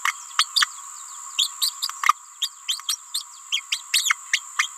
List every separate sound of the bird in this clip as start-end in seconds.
0.04-0.13, 0.38-0.47, 0.56-0.67, 1.38-1.52, 1.61-1.71, 2.03-2.14, 2.41-2.50, 2.68-2.81, 2.87-2.97, 3.14-3.23, 3.52-3.61, 3.71-3.82, 3.93-4.16, 4.32-4.43, 4.58-4.68